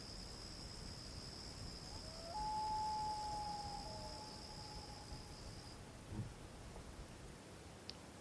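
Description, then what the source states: Common Loon wail: one long, steady, pure note with a fainter lower tone beside it, over a constant background hiss. Mystery nature noise; listeners guessed a bird and a coyote howling.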